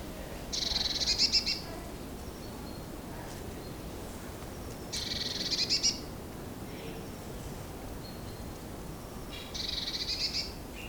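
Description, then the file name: Great tit calls: three bursts of rapid, harsh, buzzy chatter roughly every four to five seconds, each about a second long, over steady background hiss. "Parus major"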